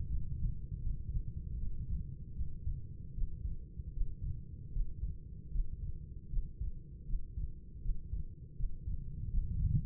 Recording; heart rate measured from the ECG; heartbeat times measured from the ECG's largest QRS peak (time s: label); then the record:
heart sounds by stethoscope; 78 bpm
0.08 s: heartbeat
0.81 s: heartbeat
1.57 s: heartbeat
2.35 s: heartbeat
3.13 s: heartbeat
3.92 s: heartbeat
4.71 s: heartbeat
5.50 s: heartbeat
6.28 s: heartbeat
7.05 s: heartbeat
7.81 s: heartbeat
8.55 s: heartbeat
9.29 s: heartbeat
From the record:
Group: healthy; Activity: Valsalva maneuver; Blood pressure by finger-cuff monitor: 102/58 mmHg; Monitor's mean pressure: 71 mmHg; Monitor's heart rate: 78 bpm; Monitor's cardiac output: 6.6 L/min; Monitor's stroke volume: 82 mL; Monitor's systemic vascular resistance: 770 dyn s/cm5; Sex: female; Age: 26 years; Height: 165 cm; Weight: 55 kg